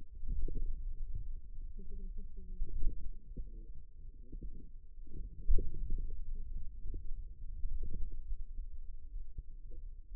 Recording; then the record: forearm muscle sounds (acoustic myography)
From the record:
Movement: finger pinch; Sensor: system 2, bracelet of six BSWA MPA416 microphones around the upper forearm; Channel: 4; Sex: female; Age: 21 years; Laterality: right